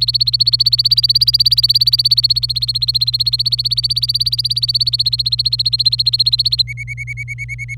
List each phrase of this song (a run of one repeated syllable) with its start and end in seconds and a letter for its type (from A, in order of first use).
0.00-6.62 A, 6.67-7.75 B, 7.78-7.78 C